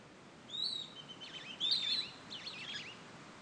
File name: Ambiente beira do rio passaro cantando cigarras longe vento com folhas